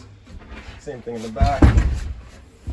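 Someone talks while handling the rear folding leg of the dinette table in a 2022 Wildwood 210RTX, moving it toward its locking bracket, with a few low handling thumps in the middle of the clip. Nothing has seated or clicked yet; the leg is not locked into place by the end.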